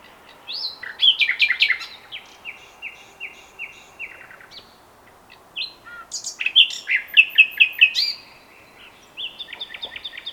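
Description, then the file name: Common nightingale delivering a sequence of varied song phrases: whistles, repeated pulsed notes and fast trills, with brief gaps between phrases. "Luscinia megarhynchos"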